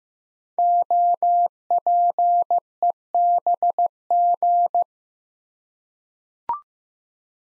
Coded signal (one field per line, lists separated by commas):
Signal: Morse code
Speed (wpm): 15 wpm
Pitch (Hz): 700 Hz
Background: none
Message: OPEBG